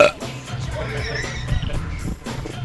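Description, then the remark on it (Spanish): A long, deep burp rumbles out in a croaking, gravelly drone that holds for a couple of seconds at a fairly loud, steady level before breaking off. “Ya, deja de eructar, cabrón.”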